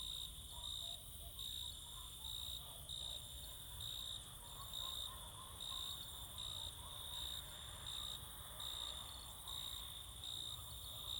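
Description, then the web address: Crickets singing, a steady high shrill trill with brighter pulsed bursts repeating throughout. Crickets singing close in summer fields during evening or night. "Sculp Tunes - Summer in the field - Crickets and Cicadas"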